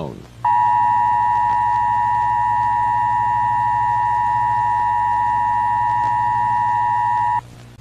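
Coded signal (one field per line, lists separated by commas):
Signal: Emergency Alert System (SAME) tones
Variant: 853 and 960 Hz attention tone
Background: speech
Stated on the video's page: Fictional EAS scenario, simulated and not a real alert.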